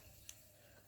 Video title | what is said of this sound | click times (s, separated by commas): transformers rise of the beasts exclusive nemesis prime review | in like so, and then you just want to close that up, and then you'll hear a snapping sound. | 0.3 s